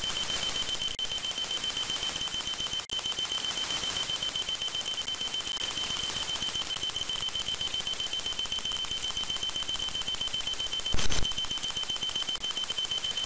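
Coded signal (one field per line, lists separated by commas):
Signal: weather satellite image (APT)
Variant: NOAA APT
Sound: high steady tone chopped into fast regular ticks, like a beeping alarm clock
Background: radio static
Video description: I used a Russian WebSDR station to capture the signal and then the NOAA APT decoder software.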